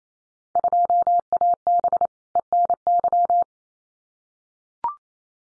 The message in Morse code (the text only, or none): 2AB ENY